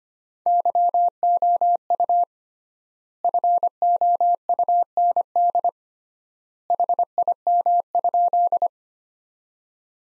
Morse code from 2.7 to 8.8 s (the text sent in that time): FOUND HIM?